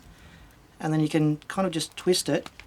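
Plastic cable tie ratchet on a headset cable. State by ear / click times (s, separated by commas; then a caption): not seated / none. A plastic cable tie around a headset cable is gripped with cutters right next to its lock and twisted to pull it tighter. Someone talks throughout over a faint background. Nothing has clicked or seated yet by the end of the clip.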